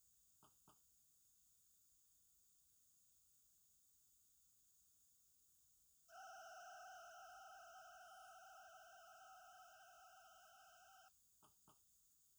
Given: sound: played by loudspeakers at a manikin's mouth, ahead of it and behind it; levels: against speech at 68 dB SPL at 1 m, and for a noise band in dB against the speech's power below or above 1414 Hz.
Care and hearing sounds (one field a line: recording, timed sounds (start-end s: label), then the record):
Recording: test signals for a remote microphone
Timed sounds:
0.46 s: click
0.71 s: click
6.08-11.08 s: four noise bands (707, 1414, 2828 and 5656 Hz), 50 dB SPL
11.46 s: click
11.71 s: click
From the record:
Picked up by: remote receiver E, fed by microphone B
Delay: 43 ms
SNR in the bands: 34 dB at 707 Hz, 30 dB at 1414 Hz, 21 dB at 2828 Hz, 8 dB at 5656 Hz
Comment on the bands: 5656 Hz is beyond upper edge of hearing aid matched gains